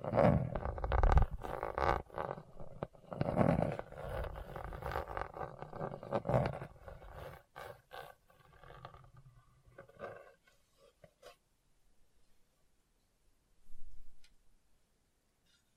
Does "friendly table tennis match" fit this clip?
no